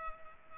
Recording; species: mosquito wingbeat signal from an infrared sensor; Culex pipiens